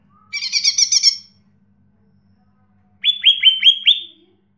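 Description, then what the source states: Bird song opening with a buzzy rattling burst, then a run of five quick whistled notes after a pause. Chirping bird song compiled to train and tutor pet birds.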